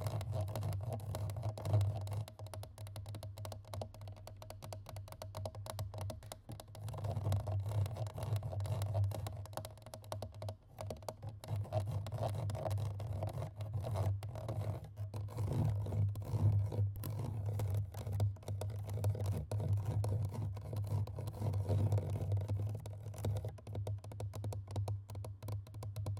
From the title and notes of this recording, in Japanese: MIC scratch/tapping FAST&AGGRESSIVE。マイクのタッピングとスクラッチング・はやくてアグレッシブ。